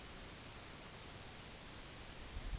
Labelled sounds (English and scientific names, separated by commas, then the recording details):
none
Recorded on Arctic tundra, site NAIT-1, on 2 July 2019
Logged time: 18:00